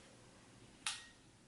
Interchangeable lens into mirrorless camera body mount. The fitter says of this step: and then you hear a click, and then it's on.